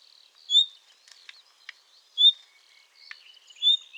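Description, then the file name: Common nightingale singing sparse, loud pure whistled notes roughly every one and a half seconds, mixed with short clicks and dry ticking sounds. "Luscinia megarhynchos"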